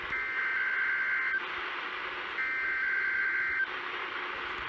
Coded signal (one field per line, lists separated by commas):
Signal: Emergency Alert System (SAME) tones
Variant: header bursts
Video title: South Dakota mocks Tennessee... AGAIN... EAS Alerts from 11/4/20-11/25/20 (EAS #405-410)